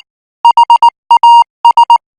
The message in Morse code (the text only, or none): HAS